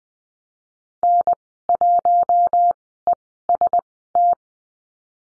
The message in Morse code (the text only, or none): N1EST